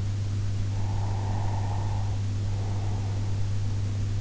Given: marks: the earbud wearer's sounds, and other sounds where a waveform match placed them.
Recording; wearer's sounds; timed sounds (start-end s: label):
sounds in sleep by an in-ear microphone; breath
0.83-3.51 s: breath